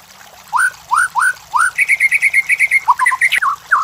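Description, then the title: White-rumped shama song: four rising slurred whistles, a fast trill of repeated notes, then a few scratchy varied whistles; faint high ticking in the background. Training (masteran) recording for white-rumped shamas; labaik style. "MURAI BATU LABAIK"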